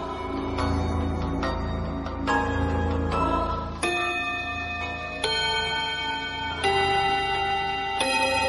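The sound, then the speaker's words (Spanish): A school clock ticks steadily for a few seconds, then its bell chimes four times at even intervals to mark the end of class, each bright, ringing strike sustaining and overlapping the next. No one speaks. “La campana del reloj marcó el final de la clase.”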